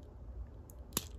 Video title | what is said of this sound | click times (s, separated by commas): S.H. Figuarts Shinkoucchou Seihou Kamen Rider OOO Shauta Combo Review | so there we go oh i heard that snap | 1.0 s